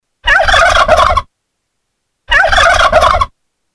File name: Turkey